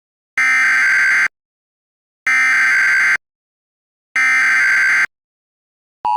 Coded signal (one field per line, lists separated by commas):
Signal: Emergency Alert System (SAME) tones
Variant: header bursts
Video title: EAS Mock: Wait, That's Rare?